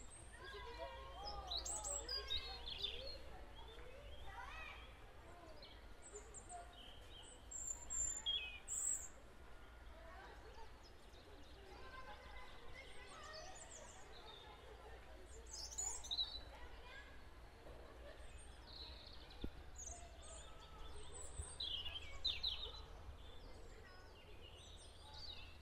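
Small birds chirp and twitter almost continuously, their bright, quick calls scattered high up and clustering in busier flurries around 2, 8, 15 and 22 seconds. Underneath runs a steady low rumble, and faint voices may be mixed into the dense chorus.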